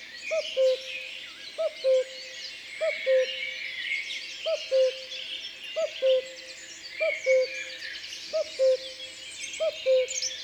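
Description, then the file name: Common cuckoo giving steady, hollow two-note calls, falling in pitch, eight times about every 1.3 seconds, with other birds singing brightly behind. Recorded in the Drôme, France. "Coucou gris Concerts Naturels de la Drome Studio les Trois Becs"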